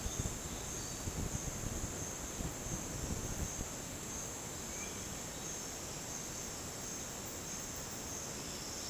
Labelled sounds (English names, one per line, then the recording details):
none
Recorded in dense forest near Puerto Asís, Putumayo, Colombia, on 13 March 2025 at 10:00
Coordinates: 0.486, -76.317
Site G053